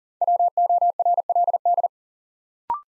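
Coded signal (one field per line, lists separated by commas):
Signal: Morse code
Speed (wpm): 40 wpm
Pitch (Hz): 700 Hz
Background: none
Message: WORLD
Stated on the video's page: New words from top-200-word sentences sent in Morse at 40wpm as a head-copy drill; each word sent, spoken, then sent again.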